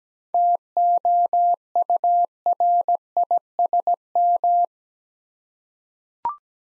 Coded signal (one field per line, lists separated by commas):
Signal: Morse code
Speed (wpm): 17 wpm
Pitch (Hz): 700 Hz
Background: none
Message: TOURISM